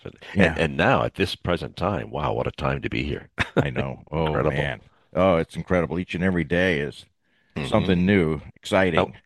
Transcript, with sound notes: and now, at this present time, wow, what a time to be here. (laughs)
I know. Oh, man.
Incredible.
Oh, it's incredible. Each and every day is-
Mm-hmm.
... something new, exciting.